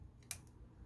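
With the crankshaft held, the pull-start starter shaft on a small Traxxas TRX .12 RC nitro engine is pushed in during refitting of the pull-start backplate. A sharp, bright click at 0.3 s, between fainter ticks at about 0.2 and 0.5 s, marks the shaft engaging and seating in the crankshaft.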